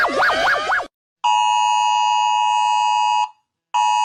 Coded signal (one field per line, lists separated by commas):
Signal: Emergency Alert System (SAME) tones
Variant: 853 and 960 Hz attention tone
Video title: Rating EAS Alarms (Part 1)